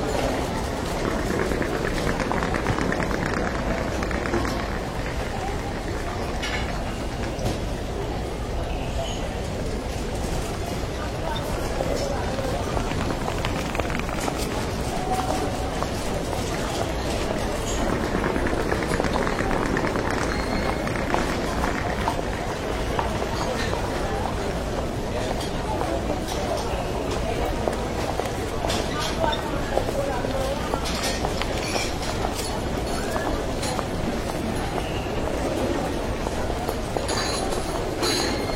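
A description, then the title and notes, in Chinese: Ambience in an airport departure lounge: a steady, dense murmur of many voices fills the space with no pauses. Footsteps and small clatters come through now and then over a low, constant hum, and the loudness barely shifts across the recording. 一小时机场候机大厅环境音。上海浦东国际机场候机室氛围声音。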